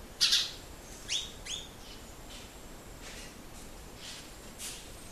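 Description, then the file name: House sparrow chirps: a few short, bright chirps early on, then fainter scattered notes over a quiet background hiss. "Passer domesticus"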